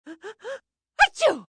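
Three quick rising gasping inhalations, then one sharp explosive burst trailing off: an acted single sneeze by a middle-aged woman.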